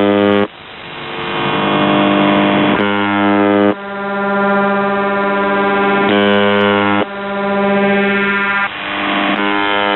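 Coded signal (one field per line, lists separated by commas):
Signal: channel marker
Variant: UVB-76 (The Buzzer)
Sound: harsh low buzzing drone in back-to-back segments with brief level drops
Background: radio static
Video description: "The Buzzer" is a Russian military radiostation that broadcasts on 4625 kHz.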